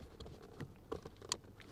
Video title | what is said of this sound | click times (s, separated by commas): Kia Seltos 2019-2021 Remote Engine Starter install / Key Ignition - MyKey Premium | just like that make sure it clicks all the way in | 1.3 s